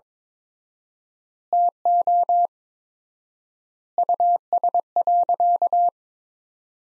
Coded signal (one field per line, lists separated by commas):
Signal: Morse code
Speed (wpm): 21 wpm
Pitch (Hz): 700 Hz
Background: none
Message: TO US.